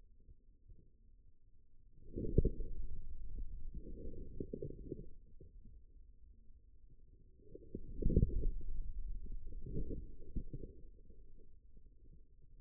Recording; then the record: forearm muscle sounds (acoustic myography)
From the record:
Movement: outward rotation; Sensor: system 2, bracelet of six BSWA MPA416 microphones around the upper forearm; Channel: 6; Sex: male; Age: 22 years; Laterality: right